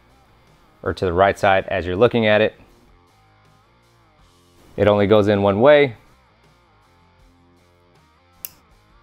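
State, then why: Seated. Someone talks while plugging the left handlebar switch harness connector, which only goes in one way, into the wiring of a Harley Street Glide motorcycle. The connector seats with a short, sharp click at 8.5 seconds.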